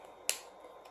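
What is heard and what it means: A cheap generic-brand disposable pen needle is pushed straight onto the threaded tip of a Victoza diabetes injector pen and seats with a single sharp click at 0.3 s, followed by a faint tick near 0.9 s. The needle is seated and is then to be twisted until it stops.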